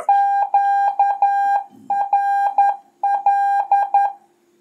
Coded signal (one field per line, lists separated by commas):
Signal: Morse code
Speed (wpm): 11 wpm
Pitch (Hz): 800 Hz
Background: none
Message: QRL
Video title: La télégraphie pour les nuls : Les bases d'un QSO, les abréviations, le code Q.